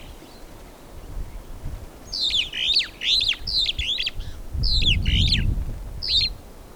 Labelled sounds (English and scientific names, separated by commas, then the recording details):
Superb Starling (Lamprotornis superbus) flight call
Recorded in Kenya